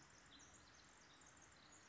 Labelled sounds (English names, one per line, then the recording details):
Pacific Wren
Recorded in Sonoma County, California